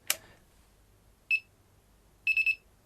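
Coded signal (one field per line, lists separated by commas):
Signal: beep code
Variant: YMFC flight controller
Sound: a click, one short high beep, then three quick high beeps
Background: switch click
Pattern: 1-3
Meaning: Three beeps mean the transmitter signal is now present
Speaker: The 3 beeps means that we do have transmitter signal now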